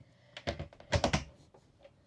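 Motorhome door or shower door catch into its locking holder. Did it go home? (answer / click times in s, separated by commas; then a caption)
no / none. A motorhome door or shower door catch is handled while being pushed toward its locking holder. A series of short knocking and tapping handling sounds rises to a cluster of sharper hits around 0.9 to 1.2 s, then a few faint taps. The clip ends before the catch goes home, so nothing has seated or clicked yet.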